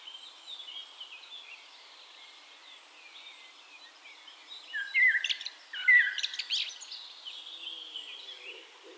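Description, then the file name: Eurasian blackbird song: two loud fluty phrases, each ending in a high squeaky flourish, rise above a steady background of faint chirping birds. "Turdus merula"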